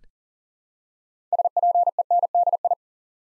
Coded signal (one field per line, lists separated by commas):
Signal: Morse code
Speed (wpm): 39 wpm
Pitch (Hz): 700 Hz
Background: none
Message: SPENDI